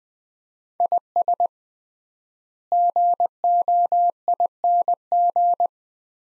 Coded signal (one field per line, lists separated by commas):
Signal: Morse code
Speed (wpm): 21 wpm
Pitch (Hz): 700 Hz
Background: none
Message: IS GOING